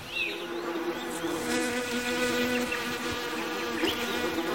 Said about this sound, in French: Une fourmilière s'est attaquée au corps d'Everaldo et des mouches irisées bourdonnent et pondent sur lui.